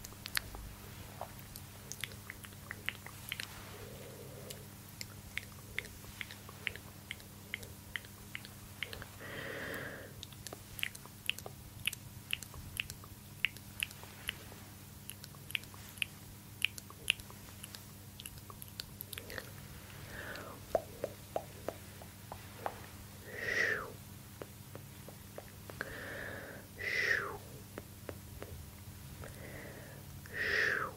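Wet mouth sounds: quick clicks and smacks scattered densely through the first twenty seconds, then slower, breathier swells every few seconds toward the end. A low steady hum sits underneath throughout.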